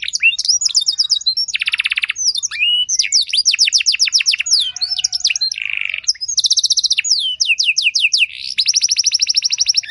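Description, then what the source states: Canary song, a fast continuous run of varied trills, rapid downward-sweeping notes and dense buzzy rolls, switching phrases every second or so without pause. Belgian canary song with elaborate phrases, played to warm up and stimulate other canaries so they answer with long continuous song.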